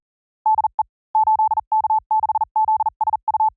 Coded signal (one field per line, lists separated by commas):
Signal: Morse code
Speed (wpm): 40 wpm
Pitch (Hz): 870 Hz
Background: none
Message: DE 8K6ZSU